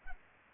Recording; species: mosquito wingbeat signal from an infrared sensor; Culex pipiens